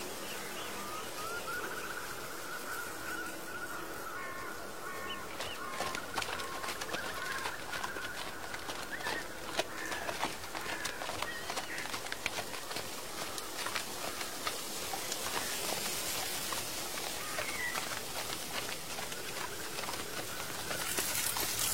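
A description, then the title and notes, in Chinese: Horse hooves and crunching fallen leaves make a dense, irregular stream of clicks and crackles throughout. Faint calls from distant mountain birds and a steady mid-pitched tone sit underneath, and the whole scene grows slightly louder in the final seconds. 秋天古道夕阳下的马蹄声、落叶声、远处的深山鸟鸣和古寺钟声。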